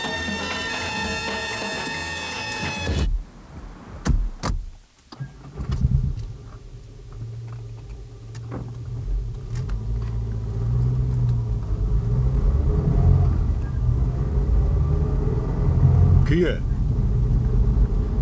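A brief tonal chime gives way to a car engine turning over and settling into a steady low rumble as the vehicle drives off, with a few clicks and thumps along the way.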